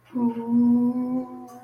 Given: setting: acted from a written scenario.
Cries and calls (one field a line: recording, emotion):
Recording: vocal sound without words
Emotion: embarrassment